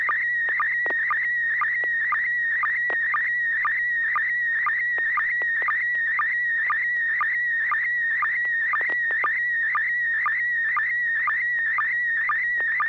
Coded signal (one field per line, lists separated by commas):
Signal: SSTV (slow-scan television)